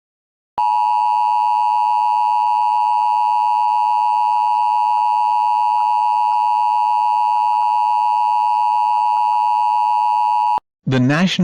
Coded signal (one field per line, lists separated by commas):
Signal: Emergency Alert System (SAME) tones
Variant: 853 and 960 Hz attention tone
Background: speech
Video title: EAS Mock: Tornado Warning for Vice City